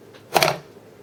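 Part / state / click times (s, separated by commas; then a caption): SATA hard drive in USB docking station slot / released / 0.4 s. Pressing the eject button on an Inateck FD1003 USB 3.0 HDD docking station releases a 3.5-inch SATA hard drive, which pops up out of its slot. A sharp mechanical clack is heard at 0.4 s, followed by a brief rattle that fades by about 0.6 s. The drive is released from the dock.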